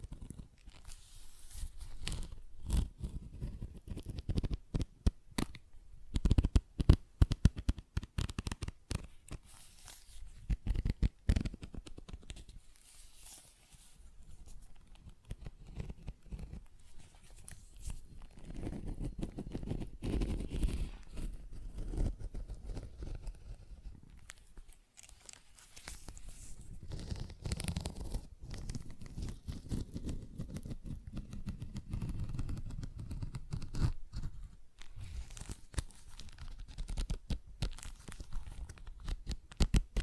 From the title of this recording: ASMR Tapping, Scratching & Zipper Sounds